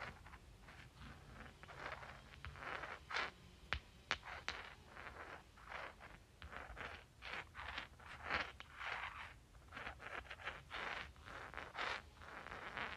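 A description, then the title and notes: Rocks are rubbed and clicked together in an uneven run of gritty scraping strokes, each a short bright burst lasting under a second. Sharp clicks punctuate the rubbing, with a cluster around four seconds, and a low rumble runs underneath throughout. Clicking and Rubbing Rocks.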